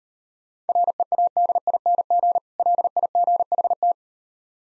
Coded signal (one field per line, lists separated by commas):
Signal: Morse code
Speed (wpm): 38 wpm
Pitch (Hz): 700 Hz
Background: none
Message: READING LIGHT